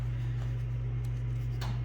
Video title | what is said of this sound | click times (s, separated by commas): MAJOR setbacks on the 1948 GMC! Is this the end? | and that just pushes up like that and locks into place. | 1.6 s